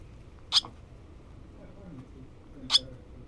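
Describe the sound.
Barn swallow calls: two short, sharp high notes about two seconds apart over a faint low background hum.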